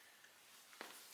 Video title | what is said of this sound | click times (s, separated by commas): Gravely ZT HD60 Zero -Turn Review | you want to lift it up out of the way, locks in place real nice. | 0.8 s